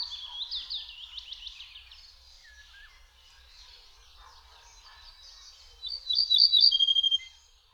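Ortolan bunting song: one phrase of ringing repeated notes followed by lower tones near the end, after several seconds of quieter mixed chirping and warbling.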